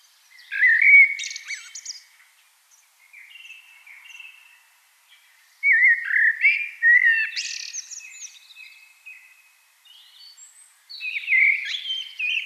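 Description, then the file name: Eurasian blackbird singing several separate phrases, low flute-like whistles ending in high scratchy notes, with pauses between. "Turdus merula"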